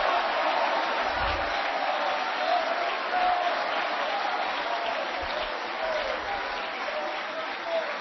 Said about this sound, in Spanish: ¡Abre tu boca! ¡No des palmas con la boca cerrada! ¡Da palmas con la boca abierta diciendo gloria a Dios!